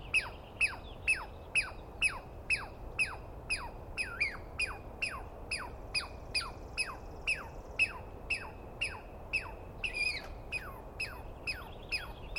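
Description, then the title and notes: Douglas squirrel scolding with over twenty harsh, sliding notes in quick succession, at a brisk, slightly irregular rhythm. Screaming Douglas Pine Squirrel, one animal, recorded at dawn on 21 April 2017 in the East Cascades, calling for a long while; recordist not fully certain of identification. "On the morning of 21 April, 2017, I set up my microphones and recorder for a nice dawn recording in the East Cascades. I was started awake by a screaming Douglas Pine Squirrel"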